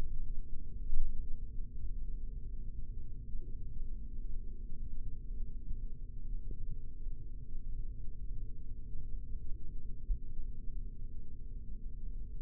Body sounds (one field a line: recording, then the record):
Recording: forearm muscle sounds (acoustic myography)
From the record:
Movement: rest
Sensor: system 3, bracelet of six PUI Audio POM-2738L microphones around the upper forearm, with dedicated amplification and filtering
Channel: 3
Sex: male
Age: 26 years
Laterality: right